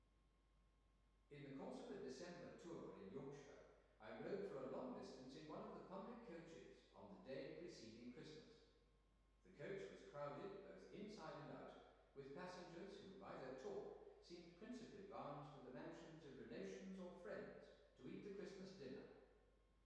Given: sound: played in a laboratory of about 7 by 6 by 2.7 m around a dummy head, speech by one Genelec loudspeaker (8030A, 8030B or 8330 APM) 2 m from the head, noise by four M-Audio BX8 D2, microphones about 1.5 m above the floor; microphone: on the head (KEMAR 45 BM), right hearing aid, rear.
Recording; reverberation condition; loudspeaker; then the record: male speech in English; high; 90 degrees to the left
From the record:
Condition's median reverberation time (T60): about 1300 ms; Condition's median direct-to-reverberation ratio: about -4.0 dB